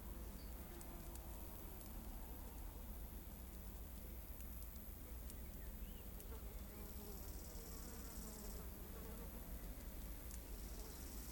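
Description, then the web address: Insects: a faint, dry buzzing sizzle under continuous soft wind. Dry wheat field in rural countryside, insect sizzle with soft wind. "Systematic Sound - General Ambience Series - Rural Countryside 01 Field Wheat Dry Sizzle Insects Wind Soft"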